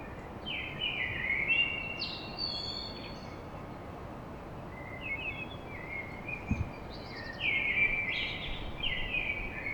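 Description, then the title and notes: Common blackbird delivering several mellow, warbling phrases with high twittery flourishes, separated by short pauses, over background noise and one brief thud. Song recorded at dawn in Paris. "Blackbird Poetry At Paris On. Enregistrement d'un chant de merle à l'aube dans Paris"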